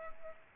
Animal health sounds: mosquito wingbeat signal from an infrared sensor; Aedes aegypti

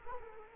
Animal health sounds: mosquito wingbeat signal from an infrared sensor; Culex quinquefasciatus

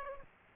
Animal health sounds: mosquito wingbeat signal from an infrared sensor; Aedes aegypti

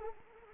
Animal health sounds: mosquito wingbeat signal from an infrared sensor; Anopheles arabiensis

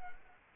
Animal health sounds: mosquito wingbeat signal from an infrared sensor; Culex quinquefasciatus

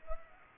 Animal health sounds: mosquito wingbeat signal from an infrared sensor; Culex pipiens

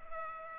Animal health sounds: mosquito wingbeat signal from an infrared sensor; Culex pipiens

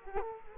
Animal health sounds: mosquito wingbeat signal from an infrared sensor; Culex quinquefasciatus

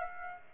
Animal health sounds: mosquito wingbeat signal from an infrared sensor; Aedes aegypti

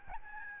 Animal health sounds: mosquito wingbeat signal from an infrared sensor; Aedes albopictus

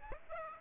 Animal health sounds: mosquito wingbeat signal from an infrared sensor; Aedes aegypti

